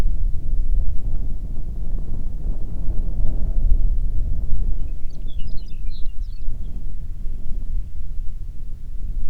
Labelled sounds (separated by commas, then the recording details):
songbird, wind
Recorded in the Arctic National Wildlife Refuge, Alaska, on 1 June 2019 at 15:07
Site 37